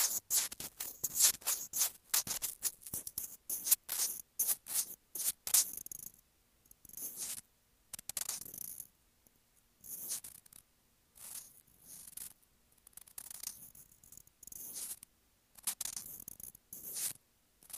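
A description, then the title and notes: Scratching on a sensitive microphone, dry and bright with a hissy edge. For the first six seconds the strokes come rapidly and densely. After that they break into short clustered bursts, separated by near-silent gaps of a second or so. ASMR Sensitive Mic Scratching.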